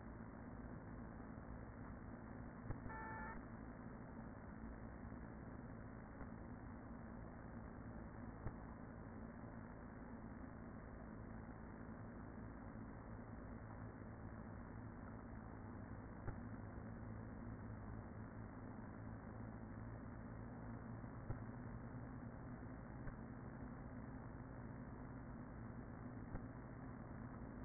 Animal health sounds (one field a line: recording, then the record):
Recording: honeybee colony, microphone inside the hive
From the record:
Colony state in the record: queen present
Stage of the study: after two queens were removed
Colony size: about 40,000 bees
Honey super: no